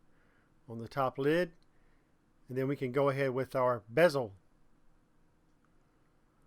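Someone talks from about 0.7 to 4.4 seconds while the plastic display bezel of a Toshiba Satellite R945 laptop is handled and lined up on the top lid before being snapped down. Nothing has clicked or seated yet, and the rest of the clip is quiet.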